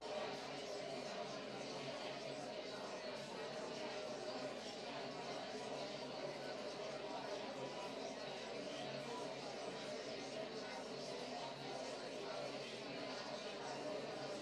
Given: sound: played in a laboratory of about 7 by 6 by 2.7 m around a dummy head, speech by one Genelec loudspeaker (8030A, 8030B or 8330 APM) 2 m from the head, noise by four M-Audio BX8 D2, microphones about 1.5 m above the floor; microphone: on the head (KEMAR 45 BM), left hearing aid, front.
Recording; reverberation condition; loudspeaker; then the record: babble noise; medium; four, about 170 cm from the corners of the room and facing them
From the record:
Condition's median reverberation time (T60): about 510 ms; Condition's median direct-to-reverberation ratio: about -0.5 dB